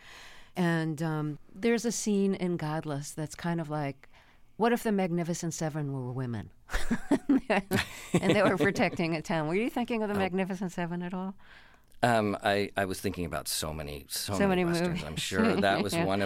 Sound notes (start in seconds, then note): 6.7 laughter; 15.0 laughter